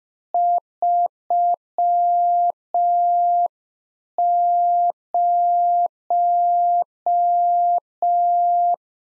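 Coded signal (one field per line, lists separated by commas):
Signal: Morse code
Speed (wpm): 5 wpm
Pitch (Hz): 700 Hz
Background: none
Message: 30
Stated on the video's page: Practice QSO exchange segment on ham FER, age and occupation, sent in Morse at 5 wpm for head-copy, sent twice around a spoken version.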